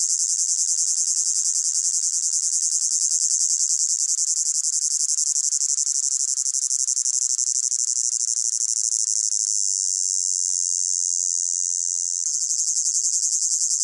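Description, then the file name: Cicada giving a steady shrill buzz, unbroken and high, with a faint rapid throb, easing slightly for a few seconds before resuming. Close-up, pulsating, high-pitched buzz. "gain walkers CICADA Close Up Pulsating Buzz High Pitched"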